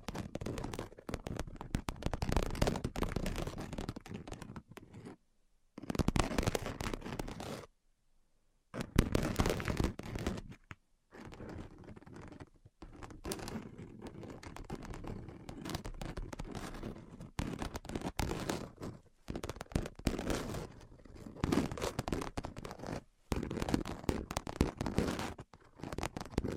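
Fast tapping goes on in dense bursts, each made of quick, sharp clicks and knocks that spread from low thumps to bright ticks. Short silences break the bursts near 5, 8, 11, 13 and 23 seconds. The level shifts from run to run, with some runs louder and crisper than others.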